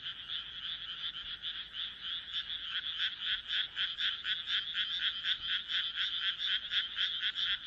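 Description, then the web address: Frogs croaking in a dense chorus, rapid rhythmic pulses about four per second overlapping into a steady rattling throb. "kaeru kaeru"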